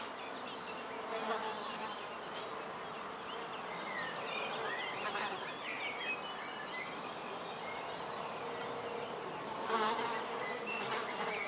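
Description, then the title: Fly buzzing, a steady drone that swells now and then, with bird chirps in the background. Flies on a balcony, recorded in the morning from a house window at Erta di Sopra, Contrà Erta, Italy, with birds in the distance. "Erta di Sopra, Contrà Erta VI, Italia - Erta di Sopra - Mosche sul balcone e Uccelli in lontananza"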